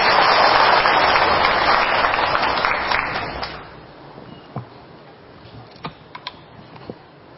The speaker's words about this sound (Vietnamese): Rồi cho ông chàng pháo tay.